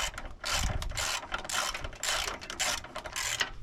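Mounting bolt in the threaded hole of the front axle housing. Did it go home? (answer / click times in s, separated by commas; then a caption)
no / none. A ratchet drives the bottom mounting bolt into the threaded hole of the front axle housing (the axle/differential mounting) on a 1998 Suzuki Sidekick whose passenger-side axle pops out. Steady bursts of ratchet-pawl clicking repeat throughout, but the bolt just spins and never tightens or seats. The thread is stripped.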